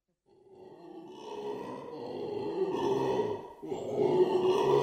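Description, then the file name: Black-and-gold howler monkey roar building from silence, a rough throaty howl rising steadily in loudness over a few seconds with a short break before continuing. "alouatta caraya"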